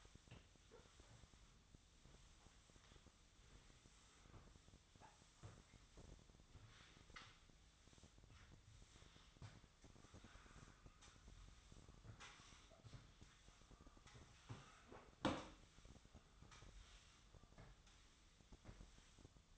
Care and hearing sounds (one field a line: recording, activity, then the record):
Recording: daily activity, microphone in the room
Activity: sweep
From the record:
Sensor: 3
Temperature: 24.4 degrees Celsius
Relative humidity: 34.2%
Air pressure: 1004.7 hPa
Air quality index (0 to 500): 87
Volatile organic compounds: 3 ppm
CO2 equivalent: 1326 ppm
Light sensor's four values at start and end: 7/17/7/6 and 7/17/7/6